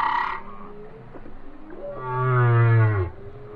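Whale song: a brief higher cry, then after a gap a long deep harmonic moan that swells and cuts off.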